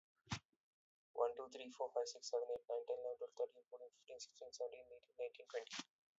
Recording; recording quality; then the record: counting at a fast pace; excellent, no background noise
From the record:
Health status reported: COVID-19 positive, mild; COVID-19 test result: positive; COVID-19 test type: RT-PCR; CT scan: not taken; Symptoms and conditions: cough, cold, fever, fatigue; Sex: male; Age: 26 years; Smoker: no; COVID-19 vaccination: both doses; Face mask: not worn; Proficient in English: yes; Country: India